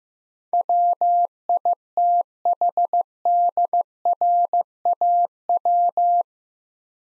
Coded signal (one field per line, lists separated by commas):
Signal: Morse code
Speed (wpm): 15 wpm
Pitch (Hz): 700 Hz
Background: none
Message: WITHDRAW